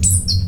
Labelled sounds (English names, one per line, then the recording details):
Stitchbird song
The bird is a male
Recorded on Tiritiri Matangi Island, New Zealand, in 2005
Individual 21, of nest box 30